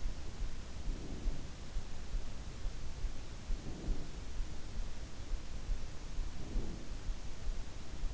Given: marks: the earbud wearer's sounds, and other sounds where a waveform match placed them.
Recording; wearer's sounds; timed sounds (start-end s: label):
sounds in sleep by an in-ear microphone; breath
0.70-1.66 s: breath
3.47-4.47 s: breath
6.15-7.15 s: breath